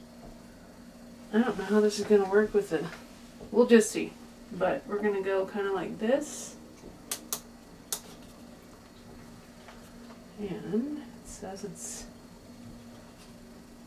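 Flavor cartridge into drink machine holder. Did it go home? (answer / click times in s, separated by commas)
yes / 7.3 s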